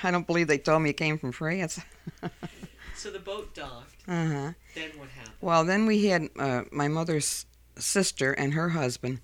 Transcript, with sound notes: I don't believe they told me it came from France. ( she laughs )
So the boat docked. Then what happened?
Well, then we had, my mother's sister and her husband